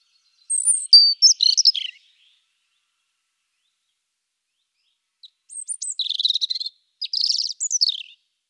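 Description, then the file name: European Robin song with two rich, high, jumbled phrases of fluty whistles and rapid trills, separated by roughly three seconds of quiet. "Rouge gorge familier"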